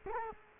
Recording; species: mosquito wingbeat signal from an infrared sensor; Culex quinquefasciatus